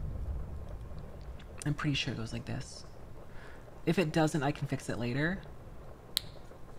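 Someone talks while pushing a plastic part of an HG MS-14S Gelgoog Gunpla model kit into its spot on the assembly. A single loud, sharp snap comes at 6.2 s as the part seats into place.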